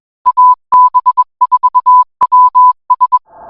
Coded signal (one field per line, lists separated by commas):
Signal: Morse code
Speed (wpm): 21 wpm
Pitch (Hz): 1000 Hz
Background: music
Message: AB4WS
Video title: AB4WS RADIO SHOW 2026 02 27